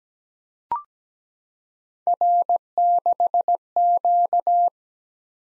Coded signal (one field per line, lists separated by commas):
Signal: Morse code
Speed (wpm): 17 wpm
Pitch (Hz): 700 Hz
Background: none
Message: R6Q